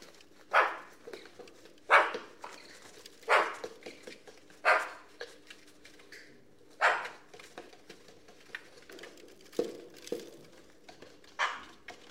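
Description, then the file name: Eurasian magpie giving harsh, rasping single notes, repeated at irregular intervals, with a faint steady hum underneath. "Pica pica"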